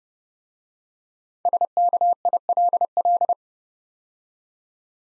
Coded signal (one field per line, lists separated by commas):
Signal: Morse code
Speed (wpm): 29 wpm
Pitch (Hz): 700 Hz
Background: none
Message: SKILL